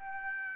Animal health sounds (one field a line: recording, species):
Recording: mosquito wingbeat signal from an infrared sensor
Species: Aedes aegypti